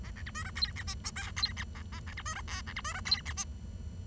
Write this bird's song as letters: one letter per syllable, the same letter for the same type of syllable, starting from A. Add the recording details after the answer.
A B C D E F G H I J F G A A B C D E K B C D E F G H. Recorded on 23 June 2012 at 09:21. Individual gr41rd51